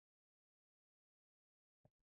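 A plastic air intake and supercharger part is handled against a 1/24 scale Airfix Bf109G-5/6 model engine. After near silence, there is a short burst of plastic handling noise at about 1.8 s and a smaller tap at about 2.0 s. The part has not seated or clicked into place yet.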